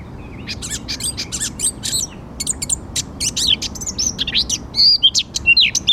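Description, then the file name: Eurasian blackcap song, a hurried chattering warble of clicks and twittery notes, ending with a few clearer whistled slurs. "Sylvia atricapilla"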